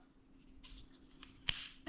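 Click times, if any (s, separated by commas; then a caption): 1.5 s. A section of a folding trail running pole is lifted until its locking mechanism snaps into place with a sharp click at 1.5 s. The click is preceded by faint handling noise and a soft tick at 1.2 s. The pole section is locked and the poles are ready.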